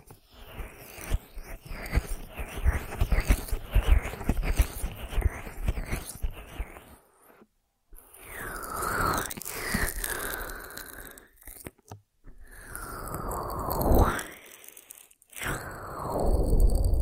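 Ear massage sounds: for the first seven seconds, dense crackly rubbing and crunching comes in quick bursts. After brief silent gaps, slower sliding strokes follow, with swooshing sweeps that rise and fall in pitch before the rubbing resumes at the end.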